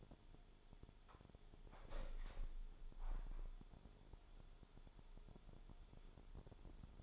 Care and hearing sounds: daily activity, microphone in the room; open window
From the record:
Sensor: 5

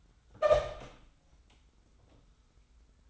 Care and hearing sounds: daily activity, microphone in the room; open door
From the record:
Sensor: 3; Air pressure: 990.4 hPa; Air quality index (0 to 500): 171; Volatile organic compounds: 1000 ppm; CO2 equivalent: 5535 ppm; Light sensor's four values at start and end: 48/113/46/44 and 48/113/46/44

